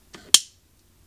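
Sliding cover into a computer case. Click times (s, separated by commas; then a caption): 0.3 s. A plastic sliding cover on a HighPi Pro case for Raspberry Pi is slid back into the case until it clicks. A soft sliding rustle begins around 0.1 s. A sharp, bright click follows at 0.3 s as the cover seats.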